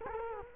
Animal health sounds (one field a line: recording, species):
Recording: mosquito wingbeat signal from an infrared sensor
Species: Culex quinquefasciatus